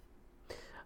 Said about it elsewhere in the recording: I still have this cough that it seems like I've had for, 2 months now.